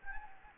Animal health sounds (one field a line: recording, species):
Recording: mosquito wingbeat signal from an infrared sensor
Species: Anopheles gambiae